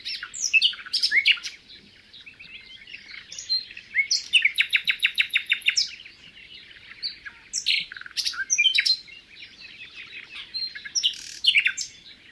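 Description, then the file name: Common nightingale song: quick varied phrases of sharp whistles and chirps, a fast run of repeated notes near the middle, broken by brief pauses between bursts. "Luscinia megarhynchos"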